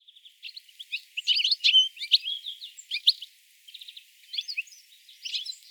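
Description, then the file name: European Goldfinch delivering rapid, bright twittering phrases mixed with short buzzy trills, rising and falling in loudness over a few seconds. "Carduelis carduelis"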